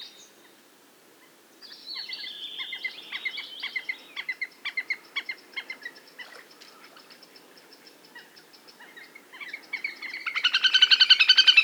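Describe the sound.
Bird song with fast twittering phrases and repeated chirps, several overlapping high notes, ending in a loud rapid buzzy trill.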